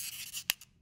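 The plastic protective cap of an Ellipta dry-powder asthma inhaler slides down with a soft hissy rubbing, then gives a sharp, short click at 0.5 s, followed by a faint tick near 0.6 s. The click means the cover has been released, opening the mouthpiece and loading a dose.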